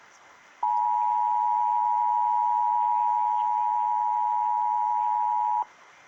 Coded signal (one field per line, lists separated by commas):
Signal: Emergency Alert System (SAME) tones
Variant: 853 and 960 Hz attention tone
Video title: EAS 761 FFW for HI